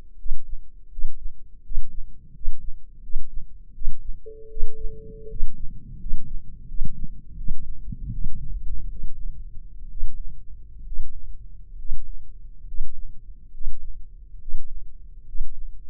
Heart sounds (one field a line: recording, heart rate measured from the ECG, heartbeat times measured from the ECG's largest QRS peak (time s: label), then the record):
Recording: heart sounds by microphone in the left ear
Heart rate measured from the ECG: 76 bpm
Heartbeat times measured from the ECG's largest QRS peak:
0.17 s: heartbeat
0.90 s: heartbeat
1.63 s: heartbeat
2.33 s: heartbeat
3.01 s: heartbeat
3.73 s: heartbeat
4.49 s: heartbeat
5.28 s: heartbeat
5.98 s: heartbeat
6.67 s: heartbeat
7.36 s: heartbeat
8.11 s: heartbeat
8.88 s: heartbeat
9.89 s: heartbeat
10.84 s: heartbeat
11.77 s: heartbeat
12.66 s: heartbeat
13.52 s: heartbeat
14.39 s: heartbeat
15.26 s: heartbeat
From the record:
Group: healthy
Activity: rest 0-5 s, breath hold 5-16 s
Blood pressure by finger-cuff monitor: 155/92 mmHg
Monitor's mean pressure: 112 mmHg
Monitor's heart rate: 79 bpm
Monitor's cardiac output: 8 L/min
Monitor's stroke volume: 98 mL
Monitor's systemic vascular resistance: 1030 dyn s/cm5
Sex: male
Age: 23 years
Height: 179 cm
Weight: 87 kg